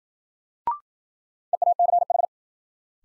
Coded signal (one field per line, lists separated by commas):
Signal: Morse code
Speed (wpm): 53 wpm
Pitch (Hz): 700 Hz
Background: none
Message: EACH